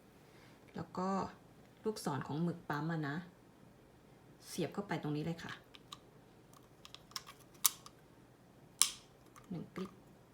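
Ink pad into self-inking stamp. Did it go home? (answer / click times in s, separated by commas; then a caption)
yes / 8.8 s. A replacement ink pad is slid along its arrow into the slot of a Midori self-inking printable stamp and pressed home while someone talks. A few light taps and clicks are followed by a sharp click at 8.8 s as the ink pad seats in place.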